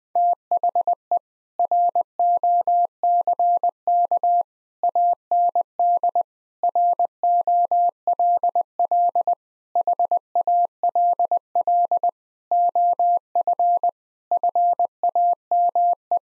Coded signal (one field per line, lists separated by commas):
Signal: Morse code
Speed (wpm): 20 wpm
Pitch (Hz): 700 Hz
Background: none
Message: THE ROCK AND ROLL HALL OF FAME